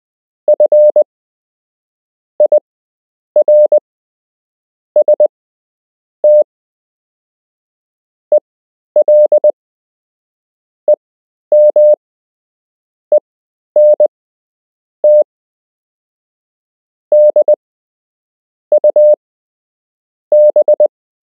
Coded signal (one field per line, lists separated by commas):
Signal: Morse code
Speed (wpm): 20 wpm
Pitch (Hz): 600 Hz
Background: none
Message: FIRST ELEMENT DUB